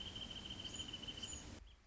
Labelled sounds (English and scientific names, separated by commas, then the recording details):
Wrentit (Chamaea fasciata)
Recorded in Sonoma County, California